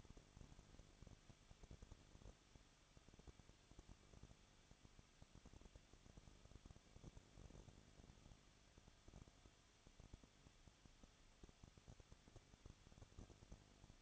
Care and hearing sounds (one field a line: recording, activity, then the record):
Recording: daily activity, microphone in the room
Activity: no activity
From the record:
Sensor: 4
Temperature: 23.0 degrees Celsius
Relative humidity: 34.6%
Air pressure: 1007.2 hPa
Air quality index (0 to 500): 215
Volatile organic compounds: 15 ppm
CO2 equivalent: 2490 ppm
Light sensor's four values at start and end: 2/3/1/1 and 2/3/1/1